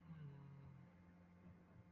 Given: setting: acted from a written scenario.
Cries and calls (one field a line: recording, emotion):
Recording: vocal sound without words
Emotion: guilt